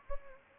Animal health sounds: mosquito wingbeat signal from an infrared sensor; Anopheles gambiae

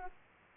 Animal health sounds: mosquito wingbeat signal from an infrared sensor; Aedes aegypti

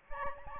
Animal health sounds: mosquito wingbeat signal from an infrared sensor; Aedes albopictus

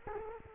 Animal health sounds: mosquito wingbeat signal from an infrared sensor; Culex quinquefasciatus

